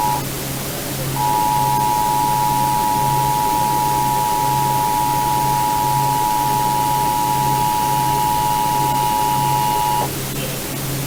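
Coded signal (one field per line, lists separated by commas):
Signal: Emergency Alert System (SAME) tones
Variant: 853 and 960 Hz attention tone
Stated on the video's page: EAS tests received on a Sangean radio.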